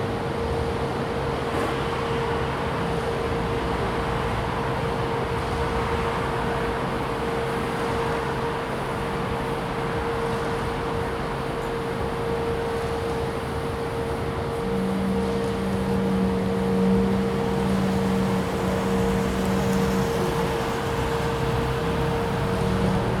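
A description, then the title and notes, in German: A construction site where a concrete vibrator runs with a steady, even whine held throughout, over a dense low rumble of machinery and traffic. From about fifteen seconds a second, deeper hum joins in and the scene grows slightly louder. Fürth/Baustelle neben Schule und Biomarkt.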